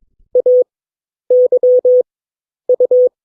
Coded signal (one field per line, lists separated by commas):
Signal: Morse code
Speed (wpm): 22 wpm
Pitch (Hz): 500 Hz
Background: none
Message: AYU